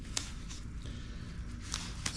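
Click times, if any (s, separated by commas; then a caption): none. A hand presses down on a corner of a forged carbon fiber fairing panel that keeps popping up on a Yamaha R1's bodywork, producing a few sharp taps around 0.2, 1.7 and 2.1 seconds over a low background rumble. The corner still has not seated or clicked into place.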